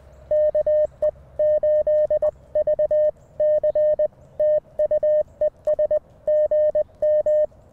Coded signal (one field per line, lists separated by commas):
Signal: Morse code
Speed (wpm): 20 wpm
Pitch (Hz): 610 Hz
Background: music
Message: KE8VC TU ES GM